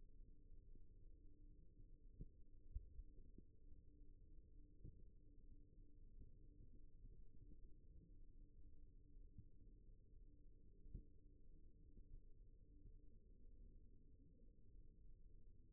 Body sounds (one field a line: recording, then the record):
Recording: forearm muscle sounds (acoustic myography)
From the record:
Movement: rest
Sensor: system 1, eight BSWA MPA416 microphones around the upper forearm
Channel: 7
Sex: male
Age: 23 years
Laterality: right